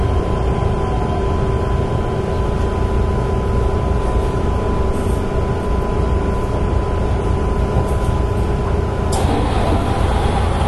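Steady, loud rumble from a moving electric train, dense and low with a constant roar of wheels on track. A faint steady whine and a mid tone run throughout. Near the nine-second mark a brief bright clatter cuts in before the rumble continues.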